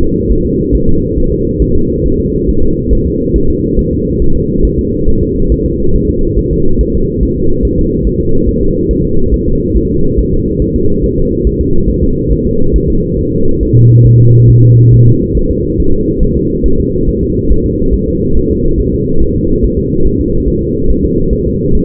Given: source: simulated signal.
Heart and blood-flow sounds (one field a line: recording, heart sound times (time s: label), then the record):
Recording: fetal heart sounds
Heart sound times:
0.03 s: S2
0.32 s: S1
0.46 s: S2
0.75 s: S1
0.89 s: S2
1.18 s: S1
1.32 s: S2
1.62 s: S1
1.76 s: S2
2.06 s: S1
2.20 s: S2
2.49 s: S1
2.63 s: S2
2.93 s: S1
3.07 s: S2
3.36 s: S1
3.50 s: S2
3.79 s: S1
3.93 s: S2
4.22 s: S1
4.36 s: S2
4.65 s: S1
4.79 s: S2
5.09 s: S1
5.23 s: S2
5.52 s: S1
5.66 s: S2
5.95 s: S1
6.10 s: S2
6.39 s: S1
6.53 s: S2
6.81 s: S1
6.95 s: S2
7.23 s: S1
7.37 s: S2
7.65 s: S1
7.79 s: S2
8.07 s: S1
8.21 s: S2
8.49 s: S1
8.63 s: S2
8.91 s: S1
9.05 s: S2
9.34 s: S1
9.48 s: S2
9.77 s: S1
9.91 s: S2
10.19 s: S1
10.33 s: S2
10.62 s: S1
10.76 s: S2
11.05 s: S1
11.19 s: S2
11.47 s: S1
11.61 s: S2
11.90 s: S1
12.04 s: S2
12.32 s: S1
12.46 s: S2
12.76 s: S1
12.90 s: S2
13.19 s: S1
13.33 s: S2
13.63 s: S1
13.77 s: S2
14.07 s: S1
14.21 s: S2
14.50 s: S1
14.64 s: S2
14.94 s: S1
15.08 s: S2
15.37 s: S1
15.51 s: S2
15.80 s: S1
15.94 s: S2
16.23 s: S1
16.37 s: S2
16.66 s: S1
16.80 s: S2
17.09 s: S1
17.23 s: S2
17.52 s: S1
17.66 s: S2
17.94 s: S1
18.08 s: S2
18.37 s: S1
18.51 s: S2
18.80 s: S1
18.94 s: S2
19.22 s: S1
19.36 s: S2
19.65 s: S1
19.78 s: S2
20.06 s: S1
20.21 s: S2
20.48 s: S1
20.62 s: S2
20.90 s: S1
21.05 s: S2
21.33 s: S1
21.47 s: S2
21.75 s: S1
From the record:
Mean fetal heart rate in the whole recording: 140 bpm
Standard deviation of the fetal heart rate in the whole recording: 2 bpm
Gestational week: 34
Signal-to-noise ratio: -17.7 dB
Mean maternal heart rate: 72 bpm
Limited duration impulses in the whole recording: present